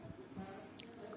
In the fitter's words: seperti ini setelah itu tekan ke bawah Sampai bunyi klik